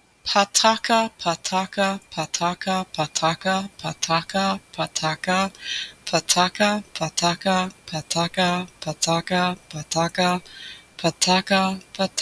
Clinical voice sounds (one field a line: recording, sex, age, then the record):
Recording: repeated syllables /pa ta ka/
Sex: female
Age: 30 to 39 years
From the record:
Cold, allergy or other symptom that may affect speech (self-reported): no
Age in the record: 30 years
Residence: Minnesota, United States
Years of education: 17